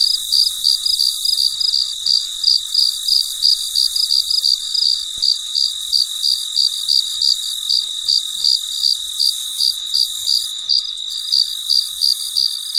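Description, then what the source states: Cricket chirps repeating roughly three times a second, bright and even, above a continuous high buzzing background. Recorded late at night in very quiet surroundings.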